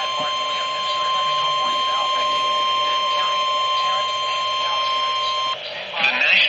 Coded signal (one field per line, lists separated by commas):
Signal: Emergency Alert System (SAME) tones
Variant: 1050 Hz attention tone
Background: speech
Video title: LOOK AT IT ALL MESSAGE TO NOTIFICATIONS... EAS Alerts from 9/21/25 (EAS#4,669 - 4,687)